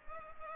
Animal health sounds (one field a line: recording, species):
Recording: mosquito wingbeat signal from an infrared sensor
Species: Culex pipiens